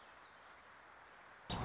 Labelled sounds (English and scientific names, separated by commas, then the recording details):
Warbling Vireo (Vireo gilvus)
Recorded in Sonoma County, California